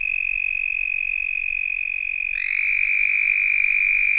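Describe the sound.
Red-spotted toad trilling, a sustained high even buzz, joined midway by a second, slightly different trill that rises in and overlaps the first.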